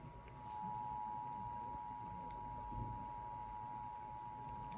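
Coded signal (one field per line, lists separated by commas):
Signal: Emergency Alert System (SAME) tones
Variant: 853 and 960 Hz attention tone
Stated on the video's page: Severe thunderstorm warning relayed 30 minutes after it was first issued.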